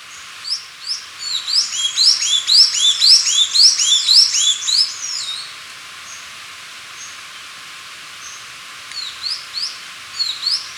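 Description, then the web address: Hooded mountain tanager song: a fast, jumbled chatter of loud downslurred notes, densely overlapping for several seconds, then fading and returning as scattered shorter phrases. Recorded in Ecuador. "Birds of Ecuador. Hooded Mountain-Tanager"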